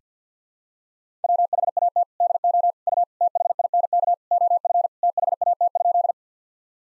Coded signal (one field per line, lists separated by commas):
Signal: Morse code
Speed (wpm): 48 wpm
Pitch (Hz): 700 Hz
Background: none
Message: WHAT DO U THINK OF THAT?